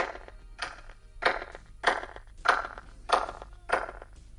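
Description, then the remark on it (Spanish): Six sharp handclaps at a steady pace, each followed by a brief echoing ring that lingers before the next clap, with no talking, recorded on the right side of Stonehenge's outer stone ring. “si viéramos esas mismas palmas en el lado derecho del anillo de piedras exterior de Stonehenge, escucharíamos esto que el doctor Till ha grabado.”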